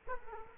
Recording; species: mosquito wingbeat signal from an infrared sensor; Culex quinquefasciatus